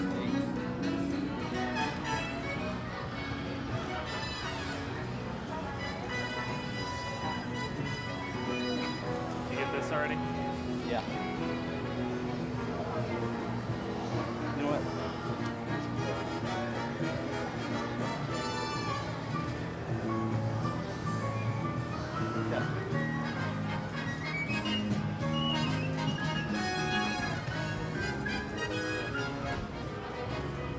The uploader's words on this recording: A Day at Universal Studios Florida. Audio from the Universal Studios Florida theme park. Walk the park as we journey from attraction to attraction.